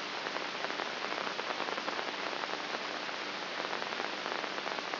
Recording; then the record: brain microelectrode recording played as sound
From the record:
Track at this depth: outside the subthalamic nucleus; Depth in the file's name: 6.64 mm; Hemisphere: right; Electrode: 3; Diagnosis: Parkinson's disease